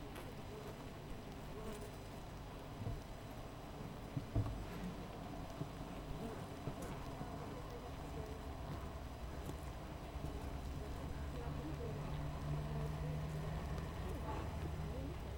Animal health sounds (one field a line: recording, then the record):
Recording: honeybee colony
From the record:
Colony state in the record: missing queen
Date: 14 July 2017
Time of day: 7:13